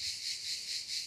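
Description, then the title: Cicada song: unbroken shrill buzz with rhythmic pulses of loudness, steady throughout. "cigales"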